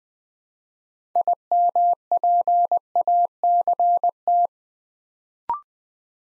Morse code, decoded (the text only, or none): IMPACT